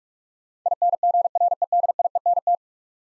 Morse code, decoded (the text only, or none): INGREDIENT